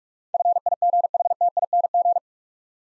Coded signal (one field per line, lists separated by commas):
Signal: Morse code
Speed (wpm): 44 wpm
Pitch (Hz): 700 Hz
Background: none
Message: FIGHTING